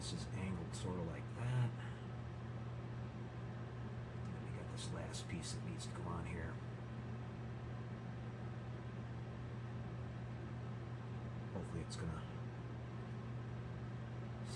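Someone talks while handling the last 3D-printed resin piece of a 1:8 scale articulated Robocop 2 Cain cyborg figure, lining it up on the figure's body before pressing it on, over a steady low hum. Nothing has snapped or clicked into place yet.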